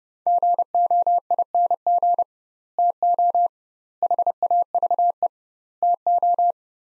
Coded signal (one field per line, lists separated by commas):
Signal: Morse code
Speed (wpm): 32 wpm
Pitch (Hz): 700 Hz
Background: none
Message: GOING TO HAVE TO